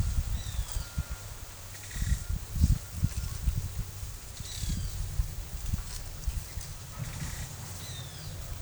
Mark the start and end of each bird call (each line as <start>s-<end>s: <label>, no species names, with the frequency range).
0.21s-1.13s: bird call (1.2-5.5 kHz)
4.29s-5.09s: bird call (2.3-8.4 kHz)
7.75s-8.41s: bird call (1.9-8.0 kHz)